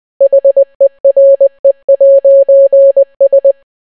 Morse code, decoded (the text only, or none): HERE'S